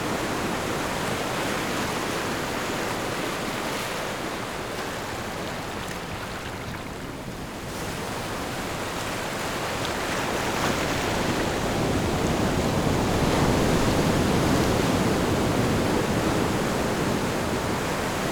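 Small, sleepy waves wash in a steady, dense hiss with no sharp breaks. The sound thins a little around seven seconds, then swells and brightens from about ten to fifteen seconds before easing slightly. Nothing else stands out.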